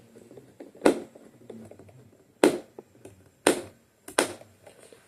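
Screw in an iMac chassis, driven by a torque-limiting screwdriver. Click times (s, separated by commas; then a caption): 2.4 s, 3.5 s, 4.2 s. A screw inside an iMac chassis is tightened with a torque-limiting screwdriver. After a first sharp transient at 0.9 s, the driver's clutch gives sharp clicks at 2.4 s, 3.5 s and 4.2 s, over faint rustling. The clicking means the screw is fully tightened.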